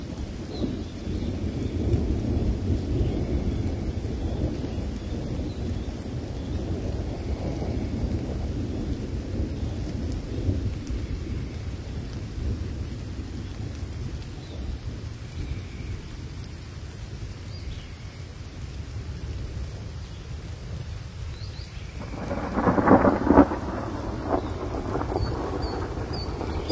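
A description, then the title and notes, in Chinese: Rain falls through the night as a steady, low rumbling wash, heaviest in the first ten seconds and then easing. Faint, thin bird calls sit high above it. Around 22 to 24 seconds a louder crackling burst rises briefly before the rain settles again. 大自然的声音-野外露营3（雨夜鸟鸣）。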